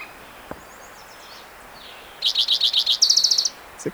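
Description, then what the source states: Spotted Towhee song: a run of about seven quick, high chirped notes followed by a fast trill lasting half a second. Individual number one, recorded June 22, 2010, in Rhodes Canyon, Utah County, Utah.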